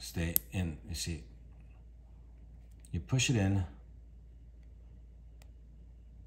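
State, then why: Seated. Someone talks while pushing a quick-release bracelet link into a metal watch. A short, sharp click is heard at 5.4 seconds as the link seats in the watch case or bracelet.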